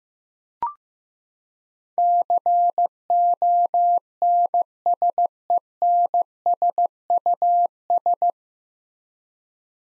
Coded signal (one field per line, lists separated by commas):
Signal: Morse code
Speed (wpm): 15 wpm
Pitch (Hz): 700 Hz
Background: none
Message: CONSENSUS